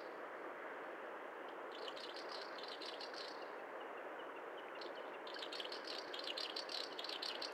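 Snipe making rapid, rattling pulse series in two bouts, the second longer and slightly louder, with continuous hissing noise underneath.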